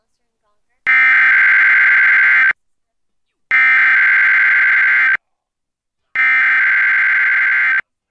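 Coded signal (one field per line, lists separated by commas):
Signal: Emergency Alert System (SAME) tones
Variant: header bursts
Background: speech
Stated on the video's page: Required monthly tests from NWS Spokane for the Great Shakeout drill, heard on NOAA Weather Radio WXM48 via a Reecom R-1630 receiver, and relayed by FM and TV stations.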